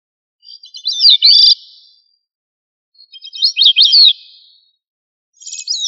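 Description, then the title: Thrush singing brief, varied phrases of rapid warbled notes, two complete ones spaced about two and a half seconds apart and a third starting at the end, in silence otherwise. "Familia Turdidae - Sabia"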